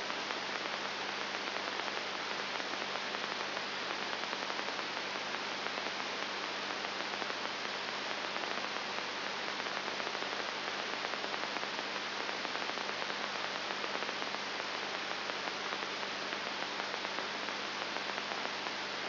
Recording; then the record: brain microelectrode recording played as sound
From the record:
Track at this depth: inside the subthalamic nucleus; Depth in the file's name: 3.501 mm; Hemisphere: left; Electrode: 3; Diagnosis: Parkinson's disease